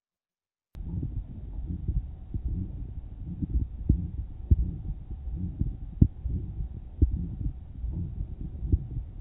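Low, regular heartbeats sound at a steady resting pace, with a rough, whooshing murmur filling the gaps between the thumps. This is an aortic stenosis murmur, a systolic murmur from blood forced through a narrowed aortic valve.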